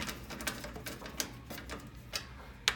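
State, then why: Seated. Plastic retaining clips are pressed back into a washing machine housing during reassembly after a lid switch replacement, with a few light clicks and rattles before a sharp, loud click at 2.7 s. The clips snap back into place and are seated.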